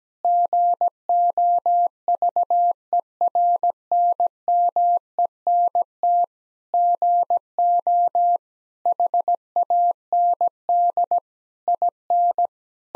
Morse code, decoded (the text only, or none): GOVERNMENT GO HAND IN